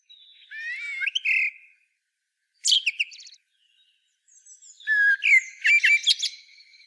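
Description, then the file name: Eurasian blackbird giving a fluty warble, then a brief high squeaky burst, then a longer phrase of whistles mixed with shrill chittering notes. "Turdus merula"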